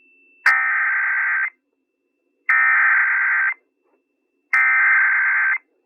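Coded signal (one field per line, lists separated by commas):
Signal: Emergency Alert System (SAME) tones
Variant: header bursts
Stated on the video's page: A fictional EAS scenario, made with text-to-speech.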